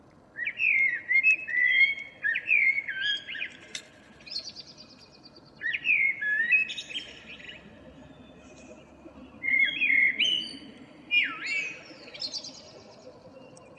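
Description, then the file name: Common blackbird song: several mellow, fluty warbling phrases with faint high twitter endings, steady low background hiss. "Turdus merula"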